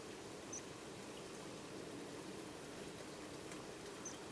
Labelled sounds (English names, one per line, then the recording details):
Meadow Pipit
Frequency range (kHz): Meadow Pipit 5.4-7.0 kHz
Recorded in France